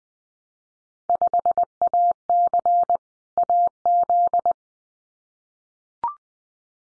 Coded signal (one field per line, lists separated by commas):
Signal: Morse code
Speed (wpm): 19 wpm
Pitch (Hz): 700 Hz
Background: none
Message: 5AC AZ